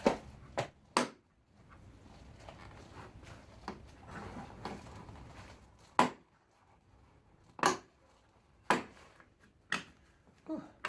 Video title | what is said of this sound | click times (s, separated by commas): Reverse Light Replacement - 2016 Chevrolet Suburban | And then you heard those clicks that are those are these clips coming out. | 1.0 s, 6.0 s, 8.7 s, 9.7 s, 10.8 s